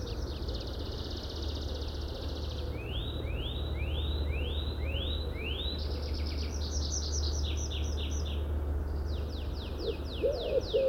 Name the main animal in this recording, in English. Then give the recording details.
Common Wood Pigeon. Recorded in the wild. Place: Schabe, Insel Rügen, Mecklenburg-Vorpommern, DE. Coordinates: 54.57, 13.45. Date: 1970-05-17. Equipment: Nagra III BH, Sennheiser MD 21, parabola. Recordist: Schubert, Michael. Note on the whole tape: Ringeltaube, 2 Arten von Rufreihen